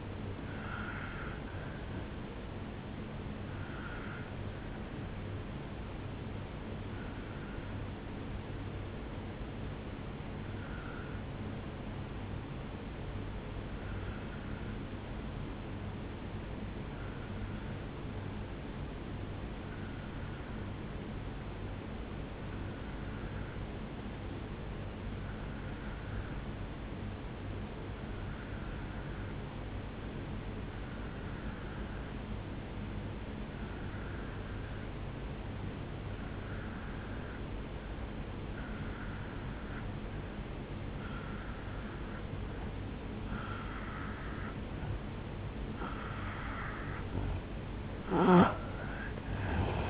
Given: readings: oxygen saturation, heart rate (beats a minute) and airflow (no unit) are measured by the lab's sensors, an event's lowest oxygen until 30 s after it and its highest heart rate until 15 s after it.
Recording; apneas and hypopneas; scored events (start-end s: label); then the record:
breathing in sleep by a voice recorder at the bedside; 1
6.00-45.60 s: obstructive apnea (N1, oxygen 98% highest, then 85% lowest, heart rate 59 at the start, 76 highest)
17.00-47.00 s: new sleep stage, N2 (light sleep)
47.00-49.89 s: new sleep stage, N1 (lightest sleep)
From the record:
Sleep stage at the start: N1 (lightest sleep); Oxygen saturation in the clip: 86 to 98%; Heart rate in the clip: 57 to 73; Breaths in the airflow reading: 4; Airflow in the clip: -6.4 to 4.6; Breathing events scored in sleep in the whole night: 449 in 7.0 hours asleep